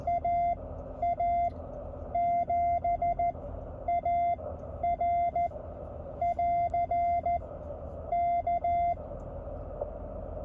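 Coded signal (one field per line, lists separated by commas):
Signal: Morse code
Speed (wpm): 14 wpm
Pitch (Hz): 690 Hz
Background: none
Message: AA7AR <AR> K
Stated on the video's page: Elecraft K1 QRP go-kit operated mobile on battery power from the car dash, 20M, with a very low noise level.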